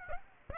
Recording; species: mosquito wingbeat signal from an infrared sensor; Aedes aegypti